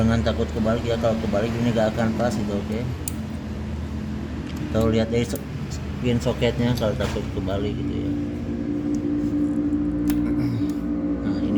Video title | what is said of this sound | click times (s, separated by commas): Keluhan ngempos berebed di awal all beat injeksi/vario injeksi ini solusi gambaranya | ini udah ngunci ya. Jadi aman. | 10.1 s